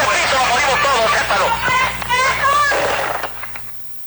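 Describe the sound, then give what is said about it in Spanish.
Tinny, band-limited gunfire comes through a telephone line during the last call of Reyes Echandía, president of the Court, amid a military operation: a few sharp cracks at uneven intervals, mixed with frantic shouting voices, before the sound drops away at the end. “Los disparos y gritos vibraban más comprimidos en el espacio que rebotaban.”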